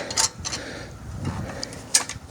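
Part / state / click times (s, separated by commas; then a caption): spring push-button pin on a steel tent leg tube / seated / 2.0 s. A steel tent leg tube slides down until its spring push-button pin catches and locks into place at 1.9 s with a sharp metallic click. Softer scraping and rattling from the tube come before it, with a few lighter taps just after.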